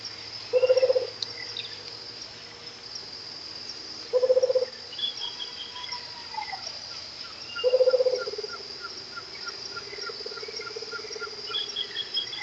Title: LuckyPassaro Completos2Sama. Rufous-capped Motmot (Baryphthengus ruficapillus)